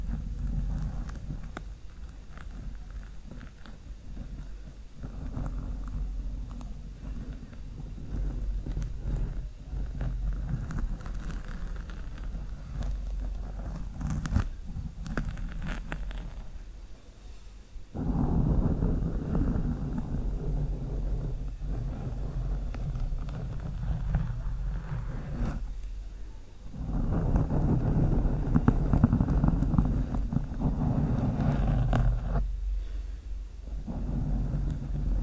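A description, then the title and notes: Slow scratching on a microphone with long nails, a rough low rasping that swells louder in long strokes around 18 and 27 seconds. SLOW MIC SCRATCHING W LONG NAILS.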